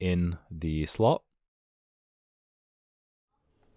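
Someone talks for about a second while reconnecting a laptop's battery cable, whose connector is being pushed toward its socket on the motherboard. A long silence follows, with only faint low handling noise at the very end. The connector has not clicked in or seated yet.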